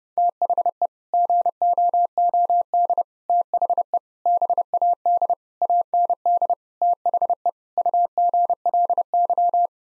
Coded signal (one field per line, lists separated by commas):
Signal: Morse code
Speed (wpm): 30 wpm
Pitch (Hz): 700 Hz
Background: none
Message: THE GOOD THE BAD AND THE UGLY